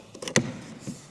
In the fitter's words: get that behind, and you'll hear it pop off.